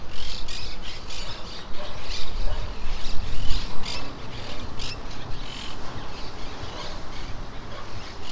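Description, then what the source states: Monk parakeets chattering, harsh squawks in uneven runs from several birds, with a deep steady roar beneath. In trees near the coast of Playa Ancha.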